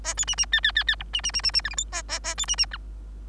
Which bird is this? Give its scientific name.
Lonchura striata domestica